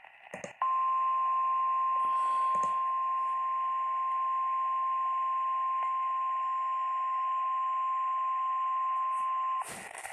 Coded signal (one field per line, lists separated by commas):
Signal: Emergency Alert System (SAME) tones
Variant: 1050 Hz attention tone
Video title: Severe Thunderstorm Warning EAS#133